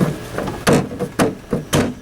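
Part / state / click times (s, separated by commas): hood scoop insert clip into car hood / seated / 1.7 s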